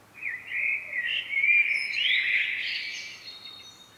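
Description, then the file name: Common blackbird song: a mellow, warbled phrase around mid pitch, rising at the end into a thin, squeaky twitter, with a faint high whistle above. "Turdus merula"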